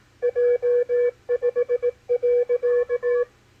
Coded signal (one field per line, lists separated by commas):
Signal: Morse code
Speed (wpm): 18 wpm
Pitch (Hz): 490 Hz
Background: none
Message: J5.